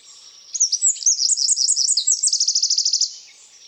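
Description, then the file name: Eurasian wren singing one shrill, rapid phrase of sharp high notes that runs into a fast, even trill before stopping abruptly. "Troglodytes troglodytes"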